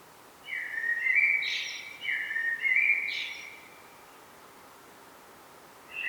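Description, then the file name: Common blackbird singing two warbled phrases of about a second and a half each, separated by a short gap, with another phrase starting at the very end. "Turdus merula"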